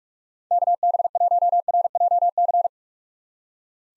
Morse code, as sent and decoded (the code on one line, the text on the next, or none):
-.- -... .---- .-. .--- -.-.
KB1RJC